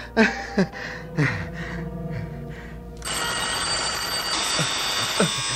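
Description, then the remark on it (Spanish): A ringing telephone and a buzzing street-door doorbell sound together: first a few short bursts with gasping breaths, then a steady, harsh high-pitched buzz that continues to the end. “No puedo atender al mismo tiempo el teléfono y la puerta de la calle.”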